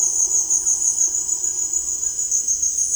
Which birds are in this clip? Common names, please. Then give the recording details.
White-throated Toucan. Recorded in dense forest near Puerto Asís, Putumayo, Colombia, on 23 June 2025 at 17:30. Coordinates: 0.481, -76.323. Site G072